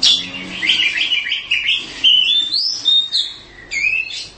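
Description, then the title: Oriental magpie-robin song: fast run of chattering chirps followed by clear rising and falling whistles, then a few sharp notes. "Kicau Kacer"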